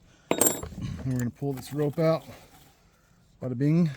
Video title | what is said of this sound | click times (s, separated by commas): How to clean oiler on Husqvarna 460 rancher - October-thon day 6 of 30 | going to push down in and snap in place just like so | 0.3 s